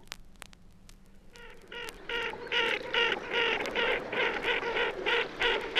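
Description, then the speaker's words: Ferruginous duck flight calls: after a quiet start, short harsh rasping notes repeat rapidly, almost three per second, in an uneven run with a few sharp clicks early on. Calls of flying ferruginous ducks, played for comparison with tufted duck; species prefers shallow, densely vegetated ponds, peat cuttings and lakes, reaching its western range limit in Germany. "Hören wir nun zum Vergleich die Rufe fliegender Moorenten."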